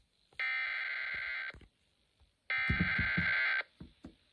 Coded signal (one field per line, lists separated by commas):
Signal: Emergency Alert System (SAME) tones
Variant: header bursts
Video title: Flash Flood Warning on WSLQ || EAS 609